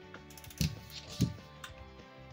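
A click-type torque wrench set to 18 ft-lb tightens a spark plug back into the aluminum cylinder head of a Predator 11500 Tri-Fuel Inverter Generator, with light mechanical ticks around it. The wrench gives a sharp click at 0.6 s, followed by a smaller knock at 1.2 s. The plug is now torqued to the setting and its gap is good.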